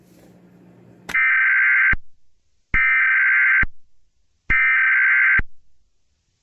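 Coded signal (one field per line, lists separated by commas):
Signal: Emergency Alert System (SAME) tones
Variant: header bursts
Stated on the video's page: Fictional EAS scenario about a school shutdown.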